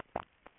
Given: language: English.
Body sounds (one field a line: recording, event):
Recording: throat vibration sensor signal played as sound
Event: swallow